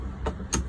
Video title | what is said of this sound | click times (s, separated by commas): 2020 Rockwood 213HW Demo | right in like that and that lacks the doorman in place it's on the side to go so | 0.5 s